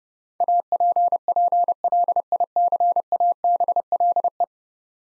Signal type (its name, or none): Morse code